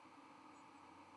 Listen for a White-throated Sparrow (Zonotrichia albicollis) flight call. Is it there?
no